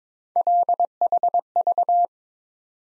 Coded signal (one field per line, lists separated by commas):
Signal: Morse code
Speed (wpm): 22 wpm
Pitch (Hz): 700 Hz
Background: none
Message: LHV